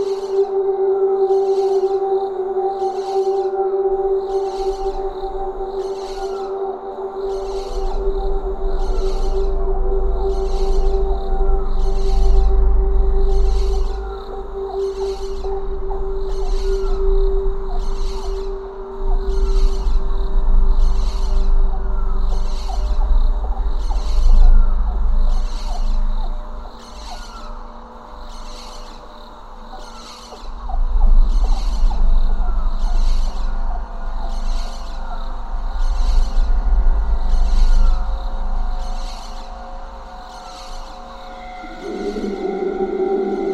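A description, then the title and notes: Howler monkeys roar low and deep in long swelling waves at dawn, rising and fading several times, with a quieter lull around the half-minute mark. Above them a bird repeats a bright, even call roughly every second and a half, while softer chirps and a steady hum fill the background. Howler monkeys and birds taken at dawn at the Reserva Conchal in Guanacaste, Costa Rica. The howler monkeys' growls and barks are guttural, not really what we conventionally associate with singing or music, and indeed sound quite scary in their unfamiliarity.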